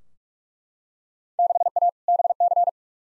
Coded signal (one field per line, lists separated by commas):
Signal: Morse code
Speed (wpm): 43 wpm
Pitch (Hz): 700 Hz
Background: none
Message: 6A BC